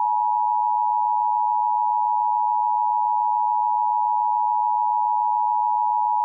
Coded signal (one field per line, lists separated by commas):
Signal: Emergency Alert System (SAME) tones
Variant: 853 and 960 Hz attention tone